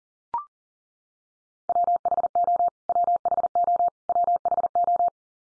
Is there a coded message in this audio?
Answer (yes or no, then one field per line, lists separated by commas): yes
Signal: Morse code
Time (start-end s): 1.7-5.1 s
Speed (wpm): 40 wpm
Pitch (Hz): 700 Hz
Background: none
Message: WHO WHO WHO